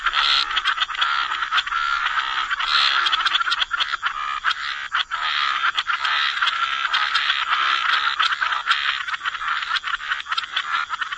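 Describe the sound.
Dense frog chorus, nearly continuous rasping croaks from many overlapping callers with faint clicking pulses.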